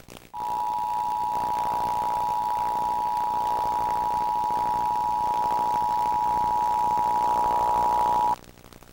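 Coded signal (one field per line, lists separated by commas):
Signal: Emergency Alert System (SAME) tones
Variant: 853 and 960 Hz attention tone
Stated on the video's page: Emergency Alert System test aired on a television station, digitized from tape.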